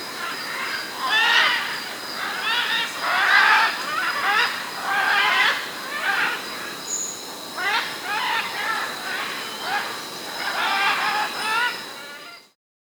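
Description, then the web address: Military macaw calls: a long series of loud, grating squawks and croaks, over constant hiss, ending abruptly. Andes, South America. "Natures Songs S America Andean Birds. Military Macaw (Ara Militaris)"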